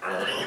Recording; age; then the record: pig call; piglet (1 to 25 days)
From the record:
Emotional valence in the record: negative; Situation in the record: missed nursing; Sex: male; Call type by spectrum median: low-frequency call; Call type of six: mixed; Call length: 0.47 s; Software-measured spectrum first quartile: 666 Hz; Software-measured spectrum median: 1418 Hz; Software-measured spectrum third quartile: 2443 Hz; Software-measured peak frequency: 505 Hz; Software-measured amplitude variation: 95 dB a second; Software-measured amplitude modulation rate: 24.5 a second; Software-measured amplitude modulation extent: 3.9 dB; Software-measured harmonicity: 0.1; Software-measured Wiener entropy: -1.05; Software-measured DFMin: 805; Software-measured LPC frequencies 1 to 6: 583, 1328, 1712, 2842, 3001, 4028 Hz